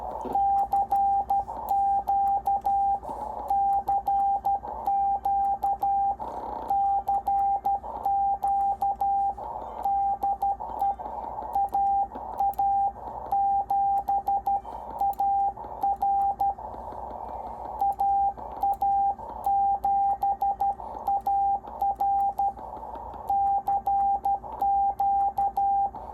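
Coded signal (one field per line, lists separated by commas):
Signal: Morse code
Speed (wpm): 12 wpm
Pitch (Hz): 800 Hz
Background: radio noise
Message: CQ CQ CQ DE AA7AR AA7AR CQ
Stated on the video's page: CW from a NorCal 40B transceiver on the 40 meter band, run on the bench.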